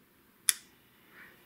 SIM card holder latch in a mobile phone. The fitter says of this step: uh metal part back so you'll hear a little click